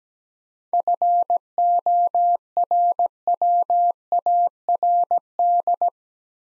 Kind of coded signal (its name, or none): Morse code